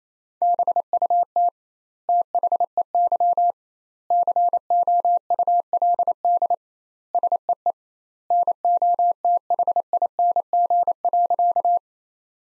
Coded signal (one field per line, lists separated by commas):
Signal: Morse code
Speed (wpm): 28 wpm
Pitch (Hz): 700 Hz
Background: none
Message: BUT THEY COULD SEE NOTHING.